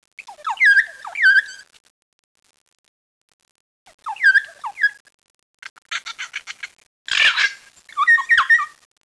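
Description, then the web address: Bird song: bursts of varied warbling, slurred whistled notes given in phrases with a pause of about two seconds, a rapid clicking rattle and a harsh noisy burst near the end. "birds sound kakani"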